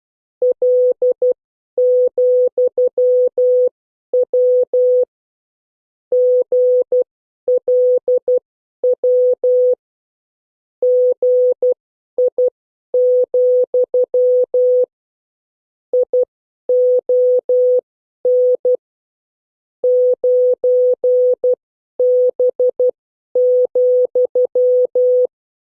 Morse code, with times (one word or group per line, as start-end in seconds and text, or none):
0.4-5.0 L,W
6.1-9.7 GLW
10.8-14.8 GI,
15.9-18.8 ION
19.8-25.3 9B,